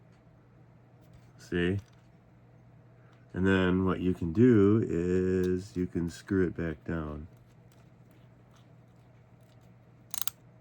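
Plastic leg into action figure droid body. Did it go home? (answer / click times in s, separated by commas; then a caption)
yes / 10.2 s, 10.3 s. Someone talks while the side leg of a plastic R2 unit action figure, its middle leg removed, is twisted (screwed) back down into the plastic body. Two sharp clicks at 10.2 s and 10.3 s mark the leg locking into place, seated.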